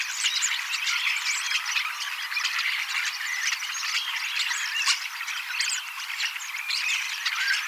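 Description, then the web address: Common starlings in a dense chattering chorus, overlapping whistles, clicks and rattling notes running continuously without pause. Young birds, 18 October 2024, practising song and mimicking several species a little. "paivat 18 10 2024 kasittaakseni kottaraisnuoret laulavat lauluharjoittelevat useita lajeja matkivat hiukan"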